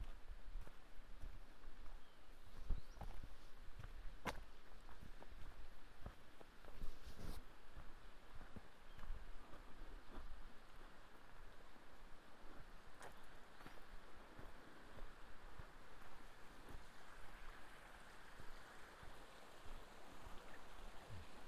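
Hiking on a creek trail: a steady rushing hiss of wind or water, with scattered crunching footsteps and a few sharp clicks around four seconds.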